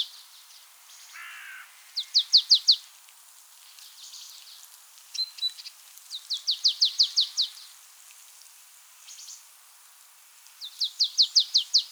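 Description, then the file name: Marsh tit call: repeated rattling series of quick down-slurred chips, with a harsh buzzy note near the start. Scattered softer chips come in between. "Poecile palustris"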